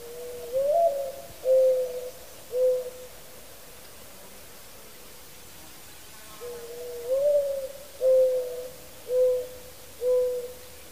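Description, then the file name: Mourning dove cooing: a low, soft rising-then-falling coo followed by two or three steady hooting notes, the whole phrase given twice with a pause between. "Mourning Dove - Zenaida macroura"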